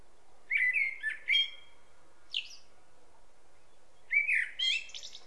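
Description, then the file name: Common blackbird song in short bursts: fluty whistled notes, a lone high squeak, then another warbled phrase ending in a rasping twitter. "Turdus merula"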